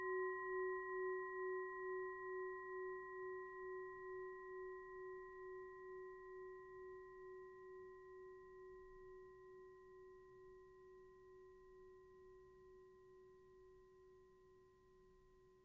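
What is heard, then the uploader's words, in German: A singing bowl rings out with a steady, pure low tone and fainter higher overtones above it. The sound slowly fades across the sixteen seconds, with a gentle regular wavering in loudness early on that smooths out as it decays. Klangschale universal 5 Minuten Stille.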